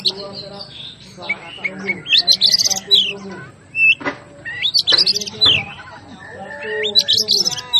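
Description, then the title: Oriental magpie-robin song: loud bursts of high whistles, trills and rapid chatter, broken by short pauses. Master recording of a magpie-robin named Hercules, aggressive fighting song ('ngotot full tembakan': persistent, full of bursts), used for training cage birds. "Kacer Langsung Tarung Konslet KACER NGOTOT FULL TEMBAKAN. Suara Masteran Kacer Hercules"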